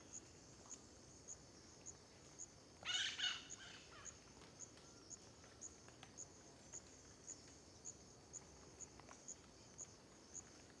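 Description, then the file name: Cricket chirping: faint, high, thin pulses repeated steadily throughout, with a brief noisy burst early on. At dawn in a park near a road, recorded with an AB stereo microphone pair. "parque terra ronca perto da estrada amanhecer periquito, varios passaros, grilo, vaca"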